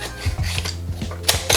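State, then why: Seated. The front lip of a plastic and metal magazine is hooked into the magazine well of a JG Snow Wolf M99 SW-02 (M82A1) airsoft electric sniper rifle, then the magazine is swivelled back AK-style, with light scraping and tapping over a steady low hum. It clicks home at 1.3 s with a sharp snap and is seated fully; it has to go until it clicks or it is not all the way in.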